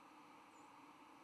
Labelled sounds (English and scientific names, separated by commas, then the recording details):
White-throated Sparrow (Zonotrichia albicollis) flight call
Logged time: 06:54 on 10 November 2014